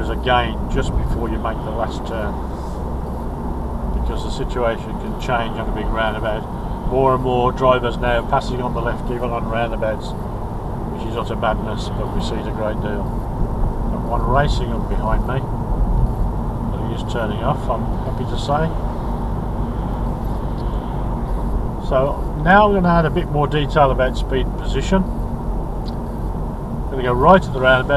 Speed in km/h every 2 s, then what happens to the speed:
39, 42, 42, 42, 42, 40, 42, 42, 40, 40, 40, 39, 37, 35.
0-28 steady at about 40.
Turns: none.